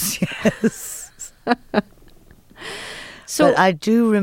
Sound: soundbite of laughter

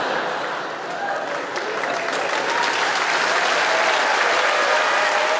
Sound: applause

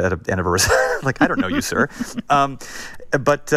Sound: laughter

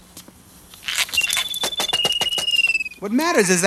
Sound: soundbite of toy making noises

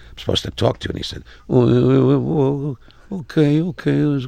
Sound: Imitates DeNiro

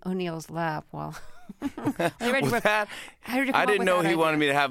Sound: laughter

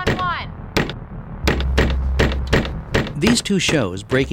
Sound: soundbite of banging

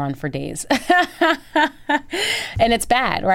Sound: laughter

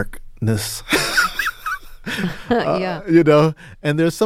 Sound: laughter

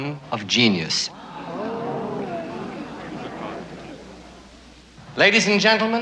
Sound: oohing

